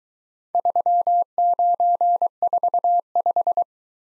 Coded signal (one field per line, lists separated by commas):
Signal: Morse code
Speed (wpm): 23 wpm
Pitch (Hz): 700 Hz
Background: none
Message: 3945